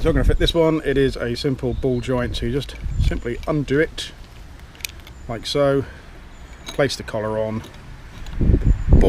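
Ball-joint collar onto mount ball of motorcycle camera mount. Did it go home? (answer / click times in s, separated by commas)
yes / 8.9 s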